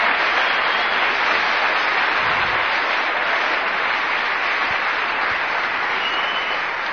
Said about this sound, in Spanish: Un aplauso, hermano. Aleluya.